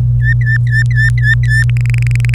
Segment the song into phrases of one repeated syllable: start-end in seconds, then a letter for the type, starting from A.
0.20-1.63 A, 1.69-2.34 B